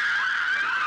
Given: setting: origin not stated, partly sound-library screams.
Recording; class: one-second piece from a danger detection set; woman in danger